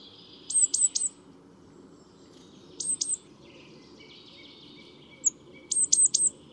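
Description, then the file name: Great tit giving clipped groups of high, sharp notes, three bursts in all, with a lone high tick before the last burst and a faint low hum throughout. "Parus major"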